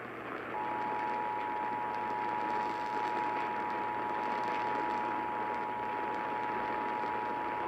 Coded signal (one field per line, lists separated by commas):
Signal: Emergency Alert System (SAME) tones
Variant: 853 and 960 Hz attention tone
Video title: (EAS #1387-1407) Tests to-- wait, didn't I use this title before? (EAS Alerts from 8/19/2021)